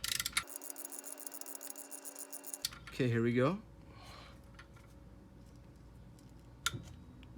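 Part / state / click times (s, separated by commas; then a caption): torque wrench on oil drain plug in oil pan / torque reached / 6.7 s. A click-type torque wrench tightens the oil drain plug in the engine oil pan of a 2005 Volkswagen Passat 1.8T during an oil change with Liqui Moly products, while someone talks. Quick clicks and a sharp tick come early on, then the wrench breaks over with one sharp click at 6.7 s. The click confirms the plug has reached 22 foot-pounds.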